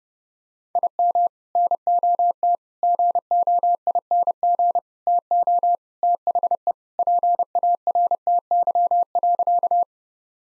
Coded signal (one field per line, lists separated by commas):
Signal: Morse code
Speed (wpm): 32 wpm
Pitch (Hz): 700 Hz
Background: none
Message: IM NOT GOING TO THE PARTY.